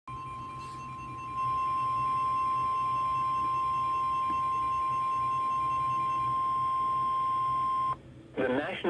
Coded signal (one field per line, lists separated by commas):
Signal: Emergency Alert System (SAME) tones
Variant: 1050 Hz attention tone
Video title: (EAS #283) Severe Thunderstorm warning 4/13/2022